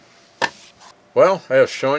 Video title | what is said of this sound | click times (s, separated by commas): High Capacity Magazines & Speed Loader for Ruger 10-22 Rifle Ep.2018-04 | I press on the center of this more, and that makes it a lot easier to snap it closed. | 0.4 s